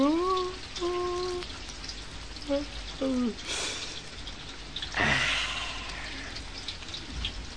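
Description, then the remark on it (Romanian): Steady rain patters throughout in a dense, hissing wash, with a few brief voiced tones early on and two louder surging gusts of spray partway through. “Și ploaia asta trage”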